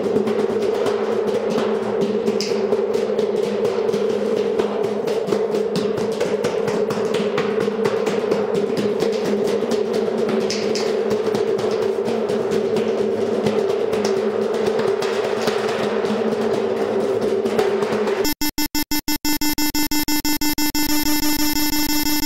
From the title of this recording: Drumming on satellites in Damascus, Syria